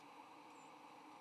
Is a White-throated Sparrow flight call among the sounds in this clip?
yes